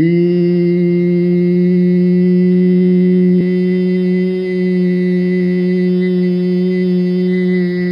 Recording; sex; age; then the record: sustained vowel /i/; male; 60 to 69 years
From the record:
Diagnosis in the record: amyotrophic lateral sclerosis, spinal onset 16 months earlier, no bulbar signs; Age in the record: 66 years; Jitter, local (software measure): 0.42%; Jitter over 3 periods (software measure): 0.26%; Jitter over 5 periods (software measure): 0.24%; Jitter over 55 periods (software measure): 0.48%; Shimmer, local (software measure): 2.7%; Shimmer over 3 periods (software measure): 1.5%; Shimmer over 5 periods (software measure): 1.5%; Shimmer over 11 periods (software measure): 2.0%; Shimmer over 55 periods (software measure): 3.8%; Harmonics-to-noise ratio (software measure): 24.6 dB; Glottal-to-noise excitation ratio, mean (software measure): 0.90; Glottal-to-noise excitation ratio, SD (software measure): 0.027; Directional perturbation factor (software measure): 73.7%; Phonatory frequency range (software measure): 0.30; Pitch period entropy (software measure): 0.74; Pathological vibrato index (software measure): 0.42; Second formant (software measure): 2052 Hz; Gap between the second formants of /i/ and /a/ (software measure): 817 Hz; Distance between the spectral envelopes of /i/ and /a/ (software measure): 8.6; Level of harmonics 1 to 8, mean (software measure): -3.6, -7.4, -28.4, -42.7, -48.5, -48.9, -52.2, -52.2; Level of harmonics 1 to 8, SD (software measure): 2.2, 1.5, 1.5, 3.1, 2.3, 2.8, 3.5, 5.4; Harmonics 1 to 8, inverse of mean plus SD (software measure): 0.174, 0.112, 0.033, 0.022, 0.020, 0.019, 0.018, 0.017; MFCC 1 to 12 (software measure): 0.5, 12.6, 2.3, -18.6, -11.4, -8.7, -17.8, -1.4, -4.6, -11.2, -1.6, -8.0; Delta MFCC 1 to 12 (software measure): -0.004, -0.006, -0.003, 0.004, -0.003, 0.003, -0.006, 0.005, -0.015, 0.004, -0.008, -0.004